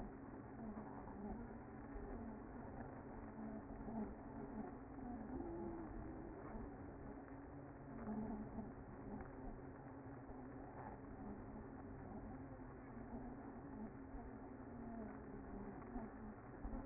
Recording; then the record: honeybee colony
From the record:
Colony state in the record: active